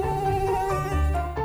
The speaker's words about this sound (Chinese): 蚊子仔会咬人